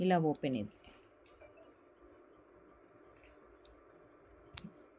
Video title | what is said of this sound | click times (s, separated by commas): SMC 1042 - Victoria Pendants - Jadau Earrings - Bracelet - 7013932993 - Offers | lock అవుతుంది. So | 4.6 s